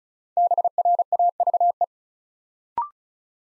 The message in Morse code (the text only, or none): BRAVE